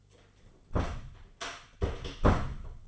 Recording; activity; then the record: daily activity, microphone in the room; close door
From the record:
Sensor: 4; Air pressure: 1016.1 hPa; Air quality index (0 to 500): 211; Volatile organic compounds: 13 ppm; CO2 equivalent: 2405 ppm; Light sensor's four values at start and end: 9/20/8/7 and 9/20/8/7